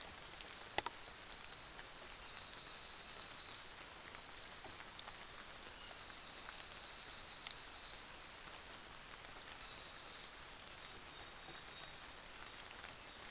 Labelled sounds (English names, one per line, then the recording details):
New Zealand Fantail
North Island Saddleback
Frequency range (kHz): New Zealand Fantail 5.8-7.5 kHz; North Island Saddleback 2.2-4.5 kHz
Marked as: faintness 4/5, faintness 5/5
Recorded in New Zealand on 24 December 2018
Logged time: 06:00